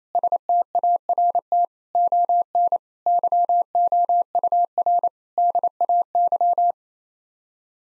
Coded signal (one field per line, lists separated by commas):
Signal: Morse code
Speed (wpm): 28 wpm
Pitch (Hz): 700 Hz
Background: none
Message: START ON YOUR DAY